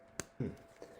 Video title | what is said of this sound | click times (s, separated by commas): BSN225 Subq remediation | and then we want to go ahead and cap till we hear the click | 0.2 s